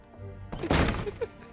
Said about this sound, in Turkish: Şimdi kapıyı sertçe kapa.